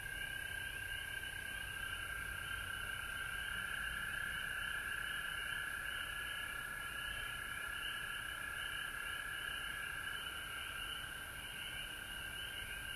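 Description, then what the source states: Frog chorus, a long steady blend of high trills from many callers, unchanging across the whole stretch. Frogs recorded at home in Georgia on March 19, 2020.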